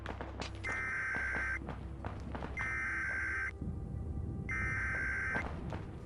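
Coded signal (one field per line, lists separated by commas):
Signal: Emergency Alert System (SAME) tones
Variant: header bursts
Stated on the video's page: Fictional EAS scenario in a student short film, with audio assembled in Premiere Pro and Audition from sourced EAS clips.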